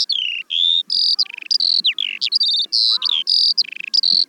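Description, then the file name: Eurasian skylark song, a fast continuous stream of high whistled notes, slurred trills and buzzy phrases with hardly any pauses. "veldleeuwerik"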